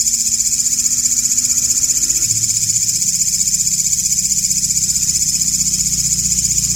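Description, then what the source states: Katydid producing an unbroken high-pitched pulsing rasp, evenly repeated about four times per second, with a low motor-like hum beneath. Walang ngapak (local Indonesian name), with 30-second pauses.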